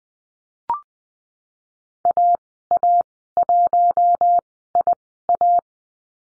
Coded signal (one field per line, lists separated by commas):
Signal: Morse code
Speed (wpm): 20 wpm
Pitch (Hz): 700 Hz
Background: none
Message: AA1IA